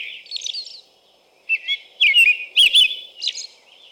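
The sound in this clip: American robin song, faint phrases, a short pause, then several loud clear whistled phrases in a row.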